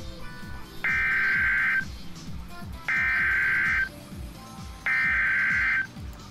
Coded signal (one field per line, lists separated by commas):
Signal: Emergency Alert System (SAME) tones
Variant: header bursts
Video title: EAS Tone Decoding Tutorial (Redux)